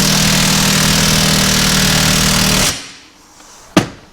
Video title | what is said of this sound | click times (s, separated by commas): Jeep Cherokee PSC Steering Pump & Box install | you hear that click at the end that was the torque wrench setting | 3.8 s